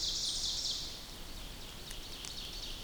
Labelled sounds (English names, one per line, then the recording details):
Ovenbird song
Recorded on 2 June 2016 at 06:37
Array SBT-3-7